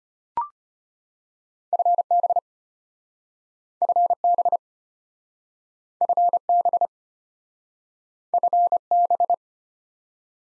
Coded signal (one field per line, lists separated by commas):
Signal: Morse code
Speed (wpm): 33 wpm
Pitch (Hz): 700 Hz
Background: none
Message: FB FB FB FB